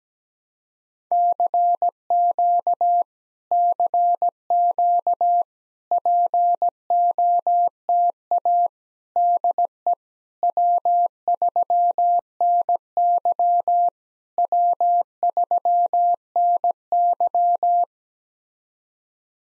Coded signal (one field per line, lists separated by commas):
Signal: Morse code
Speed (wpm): 17 wpm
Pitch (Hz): 700 Hz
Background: none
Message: CQ CQ POTA DE W3NY W3NY